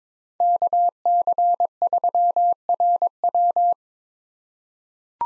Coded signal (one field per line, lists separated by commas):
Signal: Morse code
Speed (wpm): 21 wpm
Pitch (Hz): 700 Hz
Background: none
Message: KC3RW